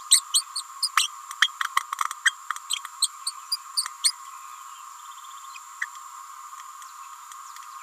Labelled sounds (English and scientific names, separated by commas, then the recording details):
Green-rumped Parrotlet (Forpus passerinus) babbling
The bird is a female
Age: 29 days
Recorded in a nest box in Venezuela
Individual 17B31A3